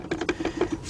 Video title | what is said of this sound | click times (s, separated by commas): ⭐ 2003 Jeep Liberty Sport - 3.7 - Partial Engine Rebuild - PART 19 | there it is right there locked into the pump so you're looking for those two clicks | 0.1 s, 0.3 s